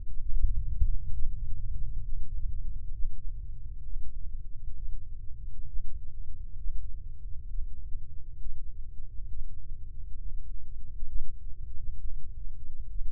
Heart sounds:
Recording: heart sounds by microphone in the left ear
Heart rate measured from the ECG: 66 bpm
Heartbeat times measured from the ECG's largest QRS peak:
0.21 s: heartbeat
1.14 s: heartbeat
2.04 s: heartbeat
2.94 s: heartbeat
3.85 s: heartbeat
4.77 s: heartbeat
5.68 s: heartbeat
6.59 s: heartbeat
7.49 s: heartbeat
8.40 s: heartbeat
9.30 s: heartbeat
10.20 s: heartbeat
11.09 s: heartbeat
11.99 s: heartbeat
12.89 s: heartbeat
From the record:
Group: healthy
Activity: breath hold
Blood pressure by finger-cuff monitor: 117/82 mmHg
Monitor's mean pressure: 93 mmHg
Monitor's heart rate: 66 bpm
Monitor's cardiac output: 3.3 L/min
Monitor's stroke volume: 50 mL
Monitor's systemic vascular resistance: 2110 dyn s/cm5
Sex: male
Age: 55 years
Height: 167 cm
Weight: 57.2 kg

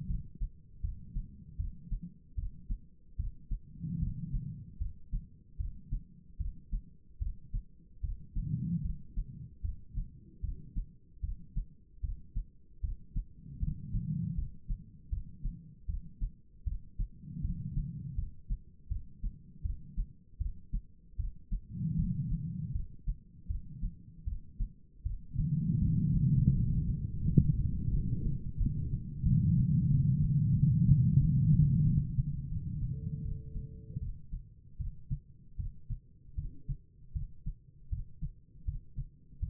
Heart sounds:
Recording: heart sounds by stethoscope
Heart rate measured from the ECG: 79 bpm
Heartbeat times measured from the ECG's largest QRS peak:
0.07 s: heartbeat
0.81 s: heartbeat
1.57 s: heartbeat
2.36 s: heartbeat
3.17 s: heartbeat
4.00 s: heartbeat
4.78 s: heartbeat
5.57 s: heartbeat
6.38 s: heartbeat
7.19 s: heartbeat
8.01 s: heartbeat
8.82 s: heartbeat
9.62 s: heartbeat
10.41 s: heartbeat
11.21 s: heartbeat
12.01 s: heartbeat
12.81 s: heartbeat
13.60 s: heartbeat
14.35 s: heartbeat
15.10 s: heartbeat
15.87 s: heartbeat
16.64 s: heartbeat
17.42 s: heartbeat
18.15 s: heartbeat
18.89 s: heartbeat
19.62 s: heartbeat
20.38 s: heartbeat
21.17 s: heartbeat
21.96 s: heartbeat
22.72 s: heartbeat
23.47 s: heartbeat
24.25 s: heartbeat
25.03 s: heartbeat
25.79 s: heartbeat
26.52 s: heartbeat
27.23 s: heartbeat
27.91 s: heartbeat
28.58 s: heartbeat
29.23 s: heartbeat
29.88 s: heartbeat
30.53 s: heartbeat
31.18 s: heartbeat
31.83 s: heartbeat
32.49 s: heartbeat
33.23 s: heartbeat
34.00 s: heartbeat
34.78 s: heartbeat
35.57 s: heartbeat
36.35 s: heartbeat
37.13 s: heartbeat
37.89 s: heartbeat
38.65 s: heartbeat
39.39 s: heartbeat
From the record:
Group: healthy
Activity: rest 0-35 s, Valsalva maneuver 35-40 s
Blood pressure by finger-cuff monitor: 160/104 mmHg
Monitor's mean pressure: 124 mmHg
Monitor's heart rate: 77 bpm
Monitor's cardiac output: 4.9 L/min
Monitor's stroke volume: 63 mL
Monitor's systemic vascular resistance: 1920 dyn s/cm5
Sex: female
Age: 51 years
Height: 162 cm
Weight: 70.04 kg

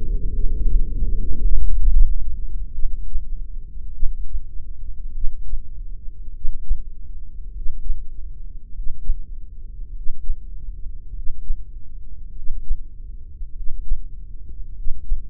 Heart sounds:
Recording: heart sounds by microphone in the left ear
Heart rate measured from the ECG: 50 bpm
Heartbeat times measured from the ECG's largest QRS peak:
0.34 s: heartbeat
1.54 s: heartbeat
2.75 s: heartbeat
3.95 s: heartbeat
5.15 s: heartbeat
6.35 s: heartbeat
7.55 s: heartbeat
8.75 s: heartbeat
9.95 s: heartbeat
11.15 s: heartbeat
12.35 s: heartbeat
13.55 s: heartbeat
14.75 s: heartbeat
From the record:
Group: heart failure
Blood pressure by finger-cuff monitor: 101/60 mmHg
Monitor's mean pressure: 70 mmHg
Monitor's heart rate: 50 bpm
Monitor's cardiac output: 4.2 L/min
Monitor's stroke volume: 86 mL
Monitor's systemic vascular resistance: 1260 dyn s/cm5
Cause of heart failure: cardiac sarcoid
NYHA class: 1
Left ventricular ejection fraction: 39%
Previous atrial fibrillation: present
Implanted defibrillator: present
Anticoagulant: apixaban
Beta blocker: carvedilol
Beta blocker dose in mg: 50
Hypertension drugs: ramipril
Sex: male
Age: 79 years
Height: 184 cm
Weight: 92.5 kg

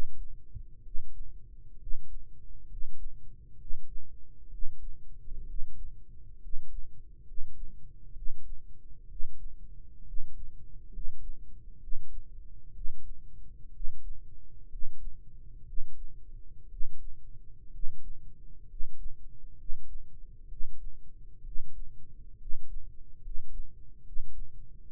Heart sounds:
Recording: heart sounds by microphone in the right ear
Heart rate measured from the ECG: 65 bpm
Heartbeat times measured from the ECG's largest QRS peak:
0.80 s: heartbeat
1.75 s: heartbeat
2.64 s: heartbeat
3.54 s: heartbeat
4.47 s: heartbeat
5.42 s: heartbeat
6.36 s: heartbeat
7.21 s: heartbeat
8.11 s: heartbeat
9.04 s: heartbeat
10.01 s: heartbeat
10.87 s: heartbeat
11.76 s: heartbeat
12.70 s: heartbeat
13.69 s: heartbeat
14.65 s: heartbeat
15.62 s: heartbeat
16.65 s: heartbeat
17.68 s: heartbeat
18.63 s: heartbeat
19.53 s: heartbeat
20.45 s: heartbeat
21.40 s: heartbeat
22.34 s: heartbeat
23.17 s: heartbeat
24.00 s: heartbeat
24.86 s: heartbeat
From the record:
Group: healthy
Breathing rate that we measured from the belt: 15 breaths a minute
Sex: male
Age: 22 years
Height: 185 cm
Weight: 112.4 kg

